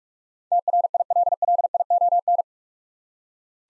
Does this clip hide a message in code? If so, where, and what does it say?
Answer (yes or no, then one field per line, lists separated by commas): yes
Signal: Morse code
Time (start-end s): 0.5-2.4 s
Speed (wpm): 42 wpm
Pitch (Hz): 700 Hz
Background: none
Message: TRILLION